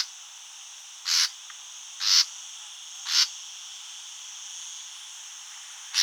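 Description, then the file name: Common nightingale calling with short grating rasps, three of them about one second apart, then a pause before another begins; quiet hiss underneath. "Luscinia megarhynchos"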